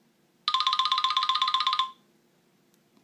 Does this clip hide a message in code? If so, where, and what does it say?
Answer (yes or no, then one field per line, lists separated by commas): no